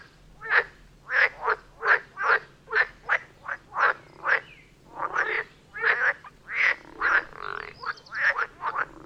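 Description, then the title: Frogs croaking steadily, a regular run of short harsh croaks about twice a second, with a few overlapping callers joining toward the end. Chorus of frogs near Vellerner Brook in Neubeckum, recorded at 2pm in stereo. "Frog concert near Vellerner Brook in Neubeckum - 2pm"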